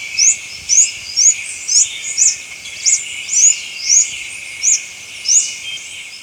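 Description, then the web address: Rufous-chested tanager calls: thin, high upslurred notes repeated about twice a second. Recorded in Ecuador. "Birds of Ecuador. Rufous-Chested Tanager"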